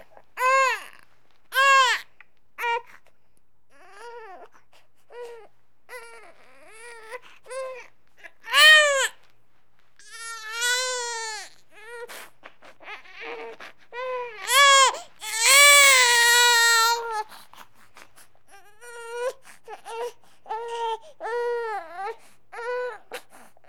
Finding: Baby crying.